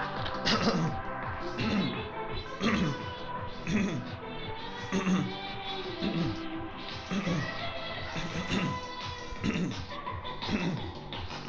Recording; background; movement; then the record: throat clearing; music; walking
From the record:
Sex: male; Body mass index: 22.0 kg/m2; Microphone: on the chest, facing the body